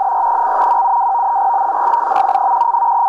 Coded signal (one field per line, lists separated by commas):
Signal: NAVTEX (SITOR-B)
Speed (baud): 100 baud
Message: NR: 172 BOLUM 1:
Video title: Istambul Radio TAH transmitindo boletins meteorológicos, 8431 kHz